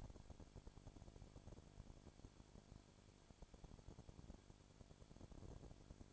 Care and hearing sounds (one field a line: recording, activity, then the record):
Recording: daily activity, microphone in the room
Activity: no activity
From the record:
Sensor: 5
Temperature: 20.2 degrees Celsius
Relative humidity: 36.5%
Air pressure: 1001.2 hPa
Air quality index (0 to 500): 177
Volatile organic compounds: 4 ppm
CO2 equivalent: 1614 ppm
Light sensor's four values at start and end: 2/3/1/1 and 2/3/1/1